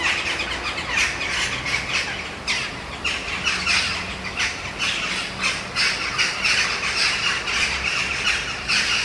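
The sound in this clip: Eurasian jackdaw calls, many short hoarse squawks in quick overlapping bursts throughout, suggesting a calling group, over faint low rumble.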